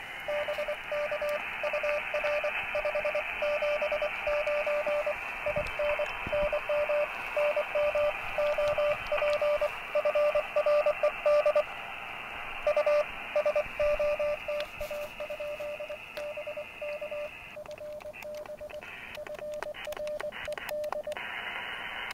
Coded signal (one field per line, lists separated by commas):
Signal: Morse code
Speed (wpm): 23 wpm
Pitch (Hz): 590 Hz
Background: radio noise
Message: BK UR 579 IN NM NM OP FRED U SOTA? BK FB FRED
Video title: KX3 activates Little SI for Summits on the Air - SOTA